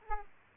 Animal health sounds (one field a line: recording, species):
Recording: mosquito wingbeat signal from an infrared sensor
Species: Aedes aegypti